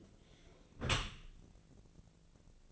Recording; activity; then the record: daily activity, microphone in the room; close dishwasher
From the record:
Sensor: 4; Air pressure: 1001.3 hPa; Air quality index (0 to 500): 178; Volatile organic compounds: 2 ppm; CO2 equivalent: 1275 ppm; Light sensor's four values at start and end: 11/26/11/11 and 12/27/11/11